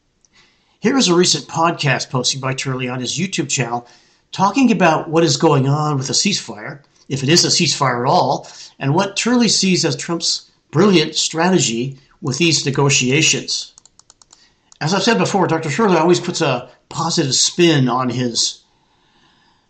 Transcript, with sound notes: Here is a recent podcast posted by Turley on his YouTube channel talking about what is going on with the ceasefire, if it is a ceasefire at all, and what Turley sees as Trump's brilliant strategy with these negotiations. (mouse clicking) As I've said before, Dr. Turley always puts a positive spin on his